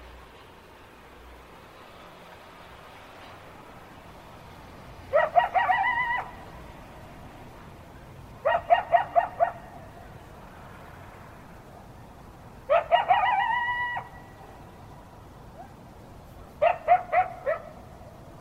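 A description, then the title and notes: A natural outdoor recording with four short bursts of rapid, repeated animal calls at about 5, 8.5, 13 and 17 seconds. Each burst is a quick, bright, nasal stutter lasting around a second. Between them there is only a low, steady background hiss. All kinds of natural sound recorded all over.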